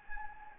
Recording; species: mosquito wingbeat signal from an infrared sensor; Anopheles gambiae